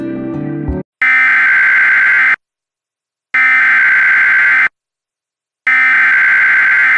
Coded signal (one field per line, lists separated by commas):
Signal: Emergency Alert System (SAME) tones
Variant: header bursts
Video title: EAS Reenactment Mock: So many counties I-IV [v2]